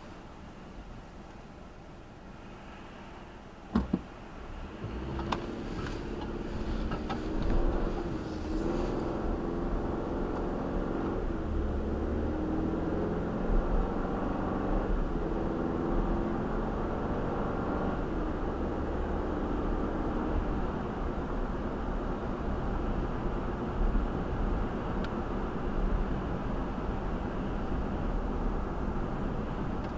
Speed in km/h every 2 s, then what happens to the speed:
0, 0, 6, 19, 32, 47, 60, 68, 74, 81, 82, 81, 81, 79, 77.
0-3 standing. 3-18 pulls away to 81. 18-30 steady at about 81.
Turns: none.